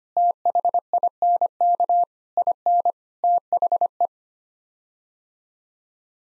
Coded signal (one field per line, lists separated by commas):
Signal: Morse code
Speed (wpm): 25 wpm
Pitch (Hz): 700 Hz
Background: none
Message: THINK IN THE